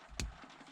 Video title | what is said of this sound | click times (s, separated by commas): PEUGEOT RCZ GHOST PADDLE SHIFT INSTALLATION V1/V2 | it shut. You can hear the click. And | 0.2 s